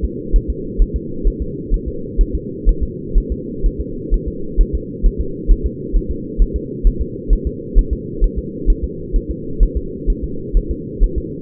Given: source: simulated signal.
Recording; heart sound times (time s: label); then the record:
fetal heart sounds
0.05 s: S2
0.36 s: S1
0.50 s: S2
0.82 s: S1
0.96 s: S2
1.28 s: S1
1.42 s: S2
1.74 s: S1
1.88 s: S2
2.21 s: S1
2.35 s: S2
2.69 s: S1
2.83 s: S2
3.18 s: S1
3.32 s: S2
3.66 s: S1
3.80 s: S2
4.14 s: S1
4.28 s: S2
4.61 s: S1
4.75 s: S2
5.06 s: S1
5.21 s: S2
5.51 s: S1
5.66 s: S2
5.96 s: S1
6.11 s: S2
6.42 s: S1
6.56 s: S2
6.87 s: S1
7.01 s: S2
7.33 s: S1
7.47 s: S2
7.78 s: S1
7.93 s: S2
8.24 s: S1
8.38 s: S2
8.70 s: S1
8.84 s: S2
9.16 s: S1
9.30 s: S2
9.63 s: S1
9.77 s: S2
10.10 s: S1
10.24 s: S2
10.57 s: S1
10.71 s: S2
11.04 s: S1
11.18 s: S2
From the record:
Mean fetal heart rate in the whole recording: 130 bpm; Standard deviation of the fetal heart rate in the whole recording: 4 bpm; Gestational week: 38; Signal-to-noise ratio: -4.3 dB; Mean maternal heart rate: 72 bpm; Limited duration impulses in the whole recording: present